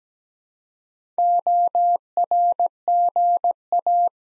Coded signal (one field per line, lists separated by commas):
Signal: Morse code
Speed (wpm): 17 wpm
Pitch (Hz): 700 Hz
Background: none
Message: ORGA